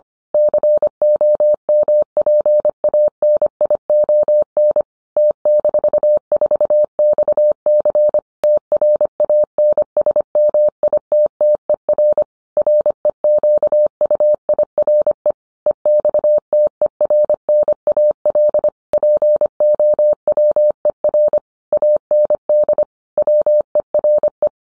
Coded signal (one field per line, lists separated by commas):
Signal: Morse code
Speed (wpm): 25 wpm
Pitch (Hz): 600 Hz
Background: none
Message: COMPANION T-4XC TRANSMITTER REQUIRE EXTERNAL POWER AND WERE